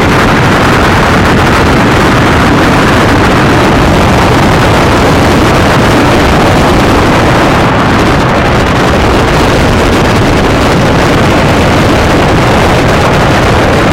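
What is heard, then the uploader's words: Spa jets roar and churn without pause, a thick, rumbling wash of bubbling water that stays steady for the whole stretch. The sound is dense and weighted toward the low end, with a rough, turbulent texture and no separate events standing out. Hydrophone on spa jets.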